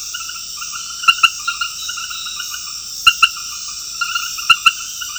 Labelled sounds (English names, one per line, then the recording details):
none
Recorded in secondary vegetation near Puerto Asís, Putumayo, Colombia, on 20 February 2024 at 00:30
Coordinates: 0.481, -76.323
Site G6376